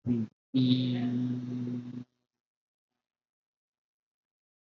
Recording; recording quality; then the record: sustained vowel as in beet; excellent, no background noise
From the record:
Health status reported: COVID-19 positive, mild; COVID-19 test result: positive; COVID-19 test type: RT-PCR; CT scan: not taken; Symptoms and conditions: cough, cold, breathing difficulty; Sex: male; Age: 25 years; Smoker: no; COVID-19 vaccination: none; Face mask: not worn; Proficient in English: yes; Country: India